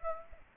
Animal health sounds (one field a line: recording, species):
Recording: mosquito wingbeat signal from an infrared sensor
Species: Aedes aegypti